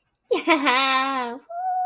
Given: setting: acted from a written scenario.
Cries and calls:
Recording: vocal sound without words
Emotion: triumph

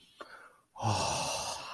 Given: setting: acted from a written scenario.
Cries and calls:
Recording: vocal sound without words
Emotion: romantic love

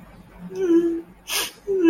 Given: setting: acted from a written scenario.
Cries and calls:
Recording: vocal sound without words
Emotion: shame

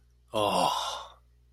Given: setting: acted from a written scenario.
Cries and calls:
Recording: vocal sound without words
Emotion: contentment

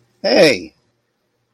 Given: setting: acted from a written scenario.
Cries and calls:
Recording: vocal sound without words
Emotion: positive surprise

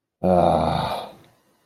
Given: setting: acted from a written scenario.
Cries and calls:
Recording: vocal sound without words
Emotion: shame

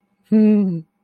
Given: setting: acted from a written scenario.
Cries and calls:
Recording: vocal sound without words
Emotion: adoration

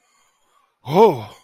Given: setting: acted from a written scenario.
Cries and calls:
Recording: vocal sound without words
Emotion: relief

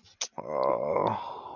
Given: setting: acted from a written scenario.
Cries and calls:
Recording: vocal sound without words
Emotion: embarrassment

